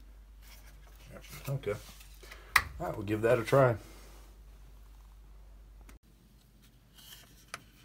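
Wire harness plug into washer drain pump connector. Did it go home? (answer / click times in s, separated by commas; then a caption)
yes / 7.5 s. Someone talks, then after a retry the plastic wire harness plug is pushed back onto the drain pump connector of a Whirlpool washer that was leaving water in the drum. A sharp, short click is heard at 7.5 seconds as the top tab locks, and the plug is seated.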